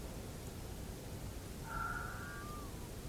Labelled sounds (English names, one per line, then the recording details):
fox
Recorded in France